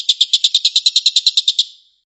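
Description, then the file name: Stork-billed kingfisher giving a short, rapid burst of harsh, high pulses, then fading out. Rapid 'shooting' call, known locally as tembakan. "suara tembakan tengkek buto"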